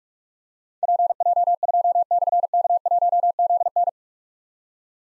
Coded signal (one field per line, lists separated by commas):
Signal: Morse code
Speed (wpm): 44 wpm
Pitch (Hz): 700 Hz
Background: none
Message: PJ2/K1ZN